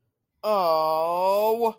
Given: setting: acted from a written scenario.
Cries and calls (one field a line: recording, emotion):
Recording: vocal sound without words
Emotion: disappointment